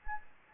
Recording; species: mosquito wingbeat signal from an infrared sensor; Anopheles gambiae